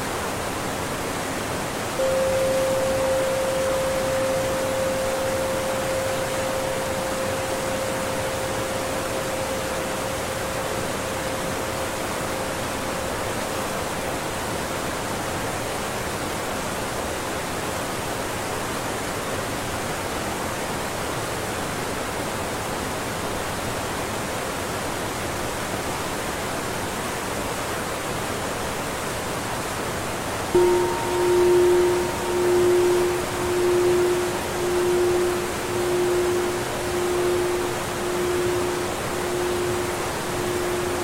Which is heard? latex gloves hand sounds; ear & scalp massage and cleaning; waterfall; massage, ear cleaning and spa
waterfall